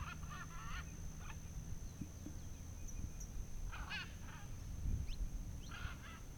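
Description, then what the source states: Macaws calling in short, hoarse squawks, some doubled, scattered throughout above a constant low rumble and a thin high whine. Recorded at dawn on a fazenda in Goiás, Brazil.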